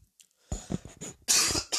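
Several low, throaty grunts lead into one loud, harsh, noisy cough burst lasting under half a second, followed by a brief breathy catch. It is a single forceful cough from an adult man with a cold, phlegm and mucus, taking Tylenol, DayQuil and NyQuil, heard close up in a quiet room.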